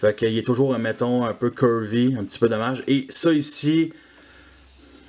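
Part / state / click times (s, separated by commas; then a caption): plastic panel clip on a transforming toy car / partly seated / 4.2 s. Someone talks while pressing a plastic panel edge on a small transforming toy car, the Transformers War for Cybertron Earthrise Ground Hog (a Dodge Shelby Charger), into its clip. After the talking stops, a faint tick is heard at 4.2 s. The panel does not snap fully home: this side does not clip well, unlike the other side, and the hood won't clip at all.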